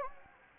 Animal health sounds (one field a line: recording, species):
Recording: mosquito wingbeat signal from an infrared sensor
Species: Anopheles gambiae